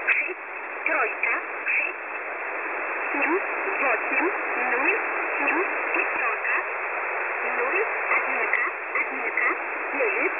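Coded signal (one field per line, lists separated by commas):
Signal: HF data modem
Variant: S11a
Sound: steady wideband rushing data hiss with sharp bandwidth, faint warbling sweeps inside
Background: radio static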